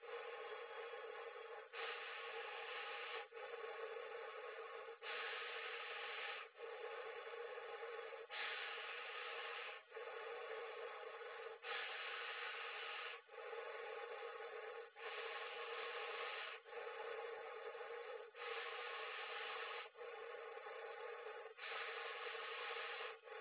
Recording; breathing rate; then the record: paced breathing near a phone; 18 breaths a minute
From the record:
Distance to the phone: 20 cm